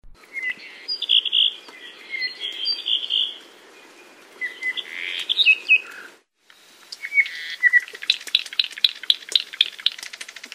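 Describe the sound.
Apapane singing varied whistled phrases and warbles, a short break, then a fast rattling series of dry clicks repeated several times a second.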